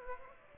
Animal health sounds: mosquito wingbeat signal from an infrared sensor; Aedes aegypti

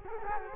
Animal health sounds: mosquito wingbeat signal from an infrared sensor; Culex quinquefasciatus

